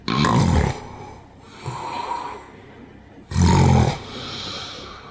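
Sleeping adult. Gasp after obstructive sleep apnea, in which the airway collapses on itself and closes so air cannot pass as the person tries to breathe in. A serious condition that can increase the risk of heart disease; the gasp is a sign worth getting checked by a doctor.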